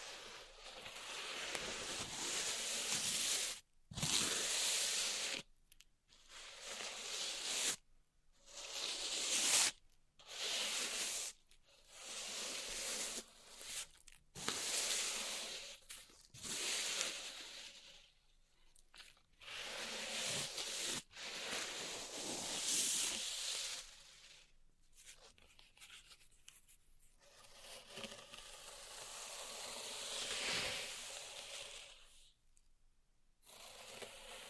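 Pink salt zen garden triggers: grainy scraping and raking sounds in bursts of a second or two, broken by short silent gaps every few seconds. The texture is bright and hissy, like sand or salt crystals being rubbed and dragged, with occasional sharper crackles.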